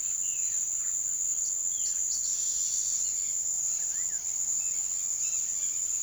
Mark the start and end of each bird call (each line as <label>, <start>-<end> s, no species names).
bird call, 0.00-0.95 s
bird call, 1.44-3.33 s
bird call, 3.70-6.02 s